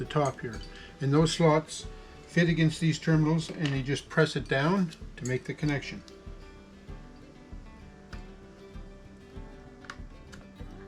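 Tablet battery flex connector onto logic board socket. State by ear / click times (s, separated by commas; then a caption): not seated / none. Someone talks while handling the replacement battery's flex connector, lining it up to be pressed down onto the terminals of the logic board socket in a Samsung Galaxy Tab A. After the talking stops, a few faint ticks are heard near 8.1 s and 9.9 s, with soft music in the background. Nothing has seated or clicked yet.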